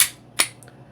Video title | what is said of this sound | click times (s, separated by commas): How to Clean a Glock 19 Gen 2 : A Beginner's Guide | trượt nó trở lại, và bạn lùi lại đủ xa để nghe thấy tiếng tách—được rồi, | 0.0 s, 0.4 s